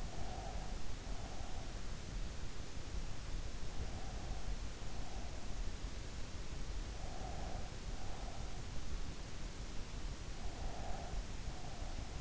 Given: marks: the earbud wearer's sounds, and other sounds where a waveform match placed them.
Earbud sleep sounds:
sounds in sleep by an in-ear microphone; breath
0.00-2.03 s: breath
4.07-5.49 s: breath
6.80-8.49 s: breath
9.99-12.21 s: breath

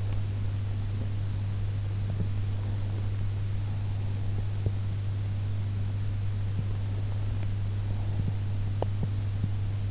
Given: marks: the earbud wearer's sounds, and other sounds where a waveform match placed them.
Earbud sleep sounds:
sounds in sleep by an in-ear microphone; teeth grinding
0.00-0.36 s: teeth grinding
8.71-9.62 s: teeth grinding

